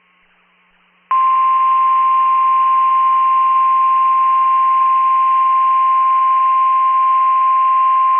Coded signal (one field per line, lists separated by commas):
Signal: Emergency Alert System (SAME) tones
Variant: 1050 Hz attention tone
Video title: EAS Virginia Statewide Tornado Drill NOAA Weather Radio